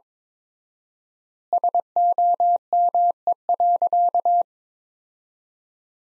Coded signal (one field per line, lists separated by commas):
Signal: Morse code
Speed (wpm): 22 wpm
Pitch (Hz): 700 Hz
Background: none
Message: SOME.